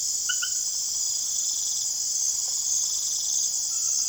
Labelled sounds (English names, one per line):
none